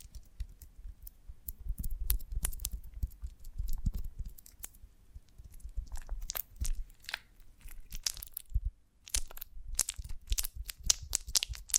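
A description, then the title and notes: Crackling, sticky crunches from a honeycomb on a branch, coming in quick irregular clusters of sharp clicks and snaps. Early on the sounds are sparser and softer, over a low rumble; after about six seconds they grow denser and brighter, with a brief pause near nine seconds. ASMR of a Honeycomb on Branch (No Talking).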